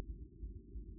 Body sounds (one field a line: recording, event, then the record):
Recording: neck accelerometer signal played as sound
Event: no cough (speech, laughter, throat clearing or background)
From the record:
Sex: male